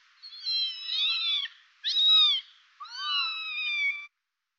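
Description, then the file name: Domestic cat: kitten meows, three high, thin calls with strong harmonics, each drawn out and slightly wavering, separated by short pauses, with no other sounds. "Kittens Meowing"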